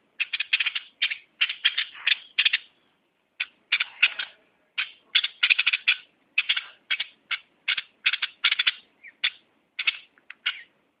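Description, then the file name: Bulbul delivering steady harsh chatter, quick scratchy notes in irregular clusters separated by short gaps. "merbah lekir"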